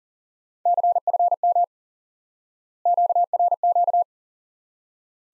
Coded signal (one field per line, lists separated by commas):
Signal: Morse code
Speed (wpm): 37 wpm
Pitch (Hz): 700 Hz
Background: none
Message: CFM QRQ